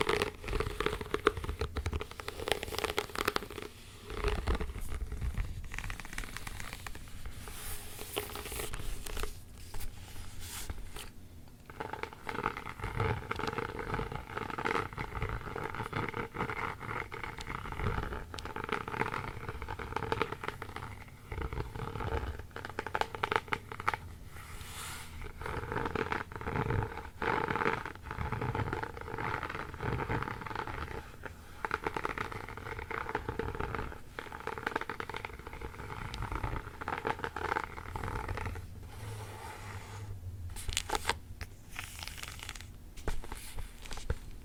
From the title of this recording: ASMR book scratching